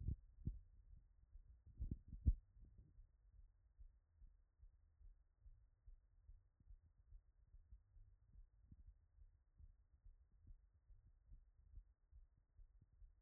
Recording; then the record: heart sounds by stethoscope after running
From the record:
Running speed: 6 mph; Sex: male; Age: 20 to 29 years